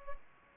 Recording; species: mosquito wingbeat signal from an infrared sensor; Culex pipiens